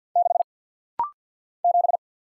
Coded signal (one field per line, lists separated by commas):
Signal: Morse code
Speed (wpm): 48 wpm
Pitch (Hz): 700 Hz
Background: none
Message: 6 7